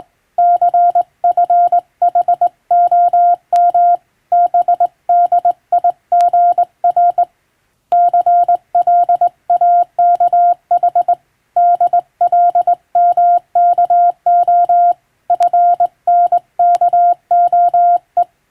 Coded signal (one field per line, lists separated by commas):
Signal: Morse code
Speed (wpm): 21 wpm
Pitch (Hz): 700 Hz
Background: none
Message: CFHOM BDIGR CLAKH DLMKO FNKOE